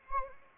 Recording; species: mosquito wingbeat signal from an infrared sensor; Anopheles arabiensis